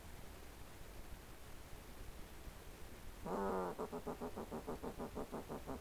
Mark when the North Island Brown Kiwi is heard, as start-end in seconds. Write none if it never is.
none